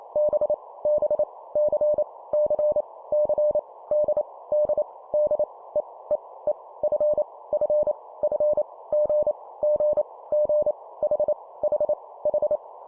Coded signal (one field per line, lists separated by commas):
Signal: Morse code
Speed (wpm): 28 wpm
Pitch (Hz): 600 Hz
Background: none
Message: B B C C C D D D E E E F F F G G G H H H